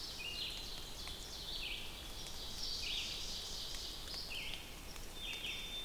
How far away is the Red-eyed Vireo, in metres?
about 55 m